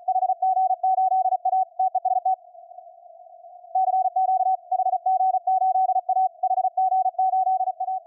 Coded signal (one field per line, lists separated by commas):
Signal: Morse code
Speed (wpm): 35 wpm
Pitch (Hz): 750 Hz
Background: none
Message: HG8A TEST CQ HG8A HG8A